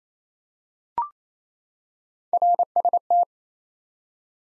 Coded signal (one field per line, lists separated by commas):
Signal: Morse code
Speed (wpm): 28 wpm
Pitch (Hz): 700 Hz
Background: none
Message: RST